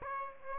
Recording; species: mosquito wingbeat signal from an infrared sensor; Aedes aegypti